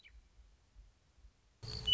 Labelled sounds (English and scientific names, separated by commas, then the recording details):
Western Meadowlark (Sturnella neglecta)
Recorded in Sonoma County, California